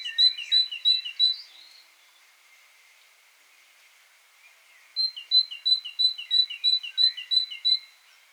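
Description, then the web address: Great tit singing bright two-part notes, high then lower, in two quick bursts split by a few seconds of quiet. "SETE data Parus major"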